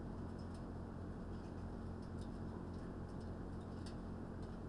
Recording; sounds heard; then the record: poultry house recording; no chicken sound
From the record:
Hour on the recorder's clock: 20